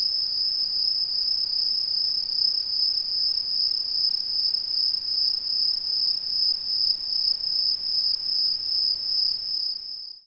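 Cricket chirping steadily, a high pulsed trill repeated about two and a half times per second for the whole stretch.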